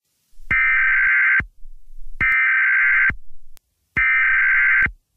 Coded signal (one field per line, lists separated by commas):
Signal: Emergency Alert System (SAME) tones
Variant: header bursts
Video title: Another JC Imposter EAS